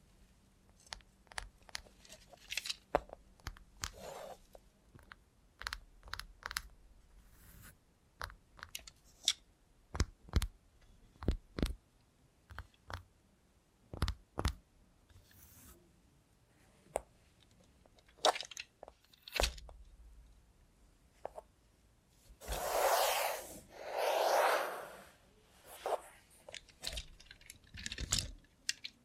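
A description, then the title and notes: ASMR with a robot hand: sharp, scattered clicks and taps come in irregular bursts, some quick and clustered, others spaced apart with short pauses. A faint low hum sits underneath early on. Near 23 and 24 seconds, two louder, fuller swells of rustling sound rise and fade. Try ASMR with a Robot Hand (No Talking).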